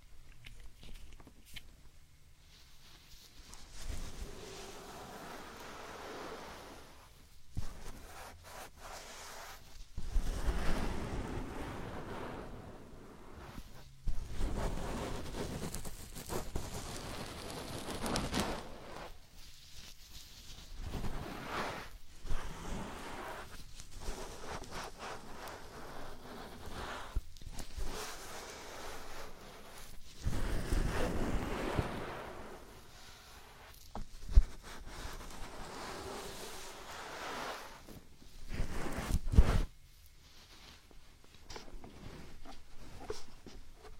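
Binaural ear picking and ear massage, with irregular scratching and rustling strokes that vary from soft to harsh. Louder, fuller rubbing bursts come around 10, 16, 31 and 39 seconds, separated by short quiet gaps over a faint low hum.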